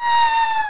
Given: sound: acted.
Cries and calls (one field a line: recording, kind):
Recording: vocal sound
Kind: neutral vocalization